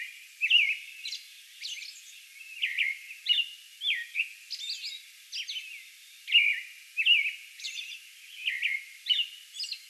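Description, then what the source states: American robin song: short caroling whistled phrases, rising and falling, with thin high squeaky notes and brief pauses. Song bout recorded on May 11.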